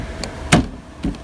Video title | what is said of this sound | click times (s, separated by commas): PORTABLE Air Conditioner EXHAUST HOSE TO WINDOW SET UP 10,000 BTU 3 IN 1 | try to there we go snapped right in place | 0.5 s